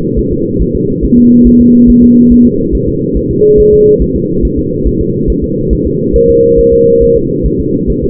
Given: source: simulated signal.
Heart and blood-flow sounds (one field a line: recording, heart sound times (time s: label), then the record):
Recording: fetal heart sounds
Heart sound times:
0.19 s: S1
0.33 s: S2
0.62 s: S1
0.75 s: S2
1.05 s: S1
1.18 s: S2
1.47 s: S1
1.61 s: S2
1.90 s: S1
2.04 s: S2
2.32 s: S1
2.46 s: S2
2.75 s: S1
2.89 s: S2
3.17 s: S1
3.31 s: S2
3.60 s: S1
3.74 s: S2
4.02 s: S1
4.16 s: S2
4.45 s: S1
4.59 s: S2
4.87 s: S1
5.01 s: S2
5.30 s: S1
5.44 s: S2
5.73 s: S1
5.87 s: S2
6.16 s: S1
6.30 s: S2
6.59 s: S1
6.73 s: S2
7.03 s: S1
7.17 s: S2
7.46 s: S1
7.60 s: S2
7.90 s: S1
8.04 s: S2
From the record:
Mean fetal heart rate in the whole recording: 140 bpm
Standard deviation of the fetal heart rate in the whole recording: 2 bpm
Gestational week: 34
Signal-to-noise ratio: -11.2 dB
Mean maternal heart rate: 72 bpm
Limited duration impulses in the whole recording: present